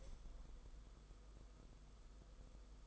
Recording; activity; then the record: daily activity, microphone in the room; open window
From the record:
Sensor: 5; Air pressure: 990.5 hPa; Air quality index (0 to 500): 164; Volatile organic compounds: 306 ppm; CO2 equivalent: 4495 ppm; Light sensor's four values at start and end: 17/40/16/18 and 17/41/17/18